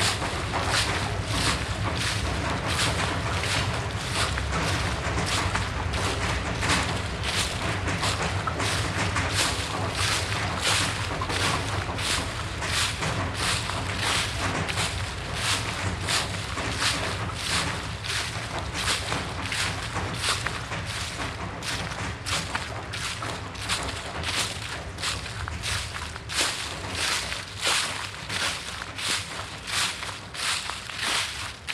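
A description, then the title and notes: Footsteps crunch through dry autumn leaves at a steady walking pace, each step a bright, crackling rustle packed closely against the next. Underneath runs a constant low rumble, like traffic or wind, and the loudness stays even throughout. Steps thru autumn leaves in Munich, Germany 2019.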